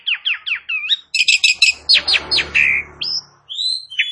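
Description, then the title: Asian pied starling giving quick slurred notes, clicking rattles and harsh chatters, ending with clear whistles. "Bunyi Jalak Suren"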